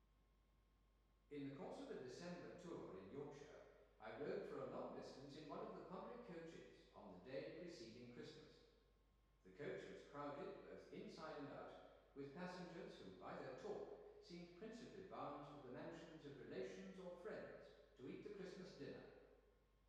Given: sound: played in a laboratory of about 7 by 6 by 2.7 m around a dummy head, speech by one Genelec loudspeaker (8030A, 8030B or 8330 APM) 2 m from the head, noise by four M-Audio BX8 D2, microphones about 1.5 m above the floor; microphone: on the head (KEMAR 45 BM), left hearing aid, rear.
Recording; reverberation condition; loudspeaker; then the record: male speech in English; high; 60 degrees to the right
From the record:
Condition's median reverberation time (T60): about 1300 ms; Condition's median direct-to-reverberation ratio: about -4.0 dB